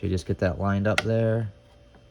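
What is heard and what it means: A removable build plate is lined up on its locating pegs for a second try after a crooked first fit, to slide into its mount on a Creality CR-6 SE 3D printer bed. Someone talks over the handling, followed by a quiet faint tick near the end. Nothing has seated or clicked yet; the plate is not yet home.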